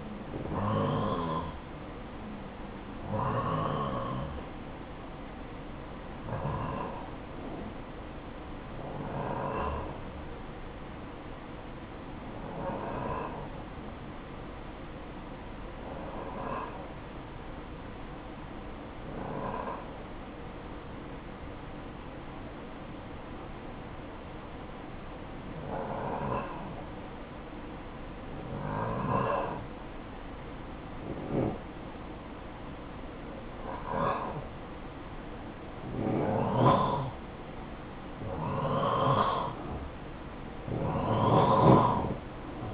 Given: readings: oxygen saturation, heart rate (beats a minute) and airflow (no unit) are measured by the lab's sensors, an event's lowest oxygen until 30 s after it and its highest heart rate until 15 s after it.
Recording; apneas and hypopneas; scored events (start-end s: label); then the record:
breathing in sleep by a voice recorder at the bedside; 1
10.00-26.00 s: obstructive apnea (N1, oxygen 91% highest, then 90% lowest, heart rate 58 at the start, 59 highest)
From the record:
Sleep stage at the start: N1 (lightest sleep); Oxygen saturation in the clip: 90 to 95%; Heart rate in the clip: 55 to 67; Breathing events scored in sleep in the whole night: 573 in 9.8 hours asleep